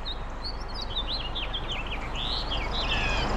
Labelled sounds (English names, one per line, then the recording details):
House Finch song
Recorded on Long Island, New York, on 8 April 2011
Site FR
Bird A